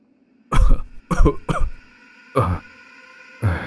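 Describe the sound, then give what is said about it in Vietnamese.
An old man, just freed of a cloth gag stuffed in his mouth, coughs violently in harsh, rasping bursts: three loud hacking coughs in quick succession, then two more spaced out, with no speech. “Ông lão ho sặc sụa vài tiếng, liền nhận ra là hai cô gái trẻ lạ mặt.”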